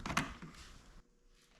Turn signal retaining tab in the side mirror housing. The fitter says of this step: It will then push the tab up and you'll hear a little click.